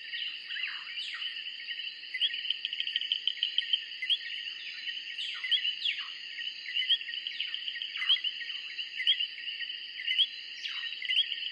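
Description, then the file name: Tree frogs in a continuous high-pitched chorus of chirping notes, with bright repeated clicks and occasional descending slurred calls throughout. Tree frogs recorded in 2003. "vi tree frogs copyright edboakes 2003"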